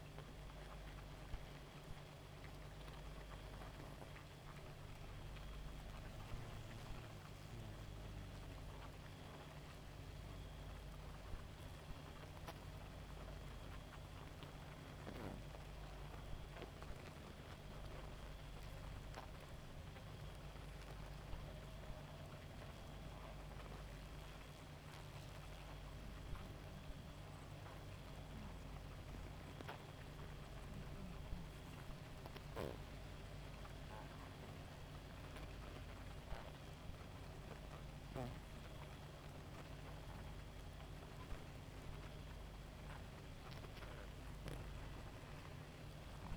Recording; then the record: honeybee colony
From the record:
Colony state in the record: active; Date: 28 July 2017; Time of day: 1:05